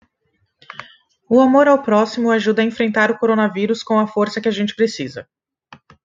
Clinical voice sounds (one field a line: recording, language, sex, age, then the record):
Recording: spoken sentence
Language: Brazilian Portuguese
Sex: female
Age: 20 to 29 years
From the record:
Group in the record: control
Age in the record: 22 years